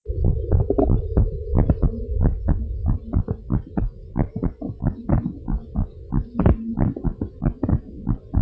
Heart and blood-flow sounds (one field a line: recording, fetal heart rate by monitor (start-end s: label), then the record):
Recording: heart sounds of a pregnant woman by stethoscope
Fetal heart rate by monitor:
no fetal heartbeat
From the record:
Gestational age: 38 weeks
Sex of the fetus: girl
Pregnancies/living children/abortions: 5/2/2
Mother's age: 35 years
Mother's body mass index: 28.4